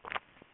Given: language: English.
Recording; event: throat vibration sensor signal played as sound; swallow